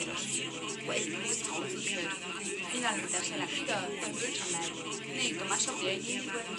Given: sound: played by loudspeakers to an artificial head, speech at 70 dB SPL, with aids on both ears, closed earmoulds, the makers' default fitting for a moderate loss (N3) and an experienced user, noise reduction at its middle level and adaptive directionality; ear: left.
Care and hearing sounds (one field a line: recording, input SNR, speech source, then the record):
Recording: speech test signal (ISTS) in cocktail-party noise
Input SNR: -3 dB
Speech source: on the right (90 degrees)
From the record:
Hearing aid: class 2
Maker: E